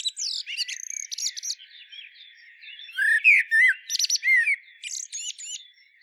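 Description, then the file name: Common blackbird singing a continuous stretch of low melodious whistles interleaved with rapid, high, scratchy twittering notes. "Turdus merula"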